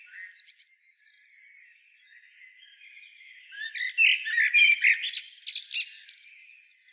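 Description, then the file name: Common blackbird giving a quiet warble that builds into a loud phrase of mixed whistles and high, scratchy chattering notes. "Turdus merula"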